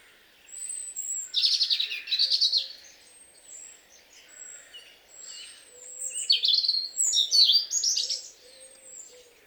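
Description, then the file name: European robin singing two warbling phrases, each a jumble of quick, high, tinkling notes with thin whistles, separated by a short pause. "Erithacus rubecula"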